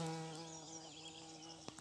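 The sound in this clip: Bumblebee flight buzz, a continuous low droning hum throughout, with faint high bird notes above and a short click near the end.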